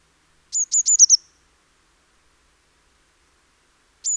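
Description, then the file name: Eurasian blue tit with a fast string of five high, thin notes, then a single lone note after a long pause. "Cyanistes caeruleus"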